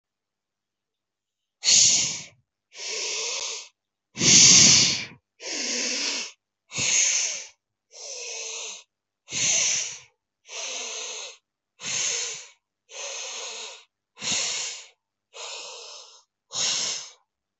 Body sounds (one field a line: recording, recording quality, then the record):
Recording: deep breathing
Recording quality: excellent, no background noise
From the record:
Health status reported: healthy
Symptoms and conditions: none ticked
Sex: male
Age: 27 years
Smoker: not ticked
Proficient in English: yes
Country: India